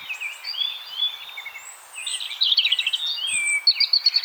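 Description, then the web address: European robin song, a quick jumble of high thin whistles and rapid twittering notes. "SETE Erithacus rubecula"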